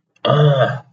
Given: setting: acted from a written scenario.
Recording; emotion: vocal sound without words; pain